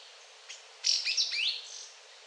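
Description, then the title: Yellow-green Grosbeak song: a single short phrase of clear, high whistled notes with sweeping slurs, lasting under a second. "LuckyPassaro Completos2Sama. Yellow-green Grosbeak (Caryothraustes canadensis)"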